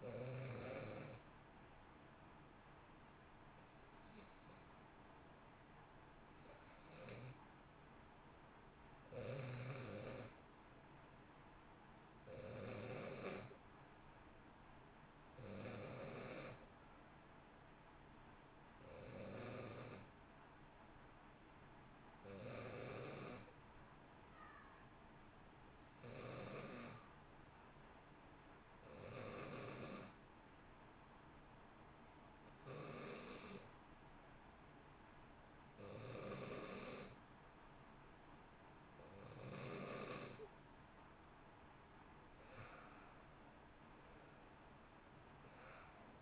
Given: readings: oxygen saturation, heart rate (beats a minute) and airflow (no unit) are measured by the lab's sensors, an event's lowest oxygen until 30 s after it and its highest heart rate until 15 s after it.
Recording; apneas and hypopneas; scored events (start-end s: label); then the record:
breathing in sleep by a voice recorder at the bedside; 1
10.00-40.50 s: hypopnea (N1, oxygen 93% highest, then 88% lowest, heart rate 59 at the start, 71 highest)
18.00-46.22 s: new sleep stage, N2 (light sleep)
From the record:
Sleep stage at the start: N1 (lightest sleep); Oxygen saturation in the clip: 89 to 93%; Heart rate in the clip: 58 to 64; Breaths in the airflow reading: 13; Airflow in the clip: -1.1 to 2.2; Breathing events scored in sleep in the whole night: 328 in 6.3 hours asleep